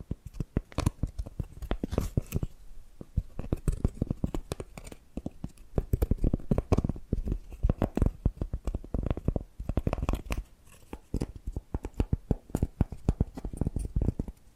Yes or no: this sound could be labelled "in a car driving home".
no